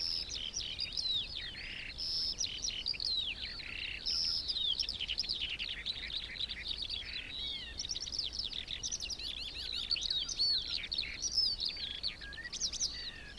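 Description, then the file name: Eurasian skylark song: a continuous high, rapid warble of trills, buzzes and sliding whistles, never pausing, over soft background noise. Recorded 25 January 2021. "feldlerche karl-heinzfrommolt deutsches tierstimmenarchiv"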